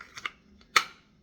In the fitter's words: you hear that click so it's not falling out and